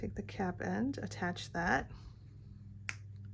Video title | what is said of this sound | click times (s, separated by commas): Marathon Series: Memento Mori Tombstone Wristlet | hear that little snap so you know it's set | 2.9 s